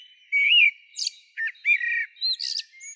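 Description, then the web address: Common blackbird singing: a few mellow whistled phrases mixed with brief high squeaky twitters. "Turdus merula"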